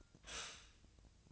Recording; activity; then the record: daily activity, microphone in the room; stop toaster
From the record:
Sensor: 2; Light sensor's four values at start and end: 23/57/24/26 and 23/57/24/26